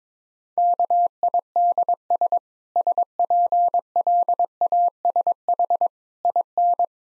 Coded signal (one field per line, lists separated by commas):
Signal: Morse code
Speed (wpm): 22 wpm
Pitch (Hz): 700 Hz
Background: none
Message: KIDS SPLASH IN